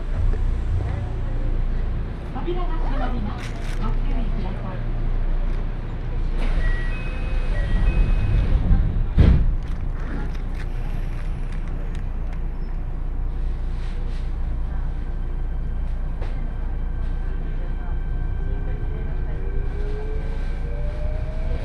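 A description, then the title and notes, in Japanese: A train ride with a steady low rumble throughout, a loud clank around nine seconds, brief tones and murmured voices, and rising whine near the end. 鉄道旅 汐見橋→岸里玉出→なんば→大物。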